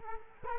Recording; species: mosquito wingbeat signal from an infrared sensor; Culex quinquefasciatus